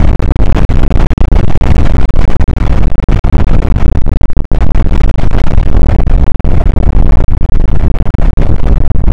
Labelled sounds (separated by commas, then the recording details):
wind
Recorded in the Prudhoe Bay oil fields, Alaska, on 8 May 2019 at 00:02
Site 24